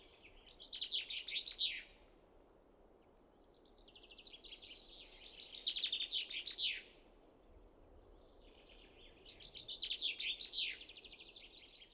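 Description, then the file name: Common chaffinch singing three bright, rattling songs, the first two ending in a flourish and the last cut off at the end. "Fringilla coelebs"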